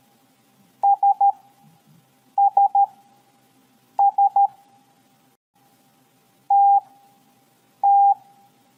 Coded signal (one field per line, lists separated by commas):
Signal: Morse code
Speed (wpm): 13 wpm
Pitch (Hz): 800 Hz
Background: none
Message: SSS TT